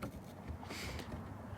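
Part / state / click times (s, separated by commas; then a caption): plastic air vent grille into car dashboard / not seated / none. A plastic front dash air vent grille for an Audi A3/S3 is held at an angle and lowered into the dashboard opening to line up its bottom clips, before it is pushed home from the top. Soft plastic handling and rubbing are heard, with a short knock near the start. Nothing has clicked or seated yet.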